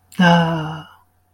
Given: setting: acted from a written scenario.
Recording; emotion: vocal sound without words; romantic love